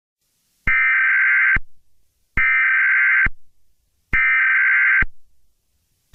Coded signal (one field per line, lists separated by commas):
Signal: Emergency Alert System (SAME) tones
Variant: header bursts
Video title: EAS ALERT : CITYWIDE FEAR GAS ATTACK (Lego Batman Graves Upon Gotham - The Final Chapter Teaser)